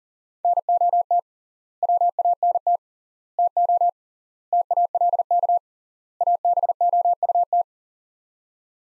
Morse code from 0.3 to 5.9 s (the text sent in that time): NOT WANT TO TALK